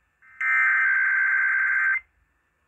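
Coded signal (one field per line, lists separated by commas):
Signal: Emergency Alert System (SAME) tones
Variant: header bursts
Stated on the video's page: IPAWS Required Weekly Test received on FM and AM broadcast stations.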